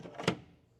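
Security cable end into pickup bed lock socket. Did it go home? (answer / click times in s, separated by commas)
yes / 0.3 s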